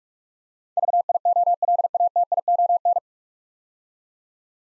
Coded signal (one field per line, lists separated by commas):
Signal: Morse code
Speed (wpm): 44 wpm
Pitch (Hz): 700 Hz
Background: none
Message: VIOLATION